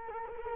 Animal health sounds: mosquito wingbeat signal from an infrared sensor; Culex quinquefasciatus

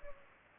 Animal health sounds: mosquito wingbeat signal from an infrared sensor; Culex pipiens

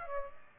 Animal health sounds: mosquito wingbeat signal from an infrared sensor; Aedes aegypti

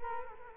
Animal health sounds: mosquito wingbeat signal from an infrared sensor; Culex quinquefasciatus

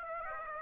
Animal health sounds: mosquito wingbeat signal from an infrared sensor; Aedes aegypti

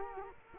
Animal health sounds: mosquito wingbeat signal from an infrared sensor; Culex quinquefasciatus

